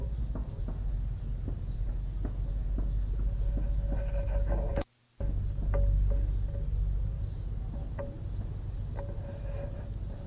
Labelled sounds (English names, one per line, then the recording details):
Canary Islands Chiffchaff
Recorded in the wild
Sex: diverse
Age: adult
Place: Privatpark "Chiripa" und Botanischer Garten in Puerto de la Cruz, Teneriffa, Teneriffa, Kanarische Inseln, ES
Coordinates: 28.4094, -16.5447
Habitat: park
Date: 1964-04-28 11:00
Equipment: Nagra III PH, Parabolspiegelmikrophon, LGS26
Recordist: Faber, A. and Schneider, H.-J
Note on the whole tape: Phylloscopus canariensis (inzwischen eigene Art). Gesänge mit Schlußbeschleunigungen. Weibchen-Lock- bzw. Warnrufe